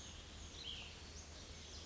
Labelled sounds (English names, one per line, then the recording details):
Cassin's Vireo
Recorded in Sonoma County, California